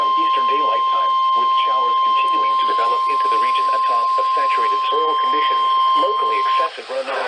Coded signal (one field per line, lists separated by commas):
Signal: Emergency Alert System (SAME) tones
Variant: 1050 Hz attention tone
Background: speech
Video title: MIDWEEK FLOODING AND STORMS... EAS Alerts from 5/18/20 - 5/21/20 (EAS #4,202 - 4,253)